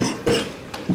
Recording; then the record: coughing mixed with background sound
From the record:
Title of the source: Spring Cold Coughing 3